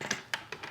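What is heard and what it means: A rechargeable battery is slid into the plastic battery slot on the back of a Lume Cube 18-inch ring light, with a sharp click at 0.3 s among a few other short scrapes and taps. The battery is only half seated: it went forward but engaged just one of the two holes on the other side.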